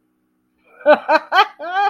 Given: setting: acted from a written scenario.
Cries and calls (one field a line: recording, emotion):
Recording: vocal sound without words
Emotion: amusement